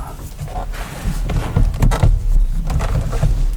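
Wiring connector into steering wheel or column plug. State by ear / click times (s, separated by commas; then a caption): not seated / none. A plastic wiring connector at the steering wheel of a 1998–2002 C1500 is handled and pushed toward the steering wheel or column plug during steering wheel removal and replacement. Low rumbling handling noise is heard, with brief sharp knocks at about 1.8 and 2.7 seconds. The clip ends before the part goes home, and nothing has seated or clicked in yet.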